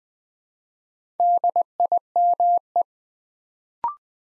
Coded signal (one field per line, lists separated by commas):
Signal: Morse code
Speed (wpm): 20 wpm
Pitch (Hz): 700 Hz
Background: none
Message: DIME